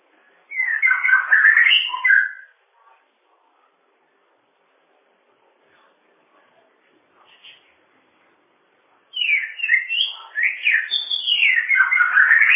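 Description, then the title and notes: Bird song: a quick tangle of twittering, slurred whistles, a long quiet gap, then a longer rapid run of rising and falling chirped notes. "Kicau Burung Lengkap"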